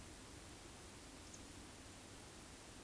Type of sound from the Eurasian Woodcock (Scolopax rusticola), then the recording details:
whistle. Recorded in Baden-Württemberg, Germany, on 13 June 2021 at 20:19 UTC. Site 23718, 552 m above sea level